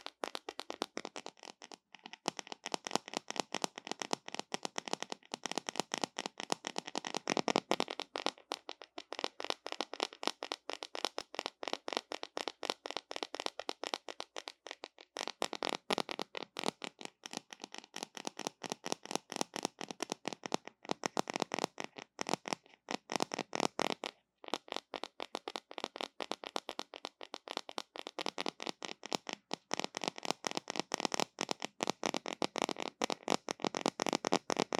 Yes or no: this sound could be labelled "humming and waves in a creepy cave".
no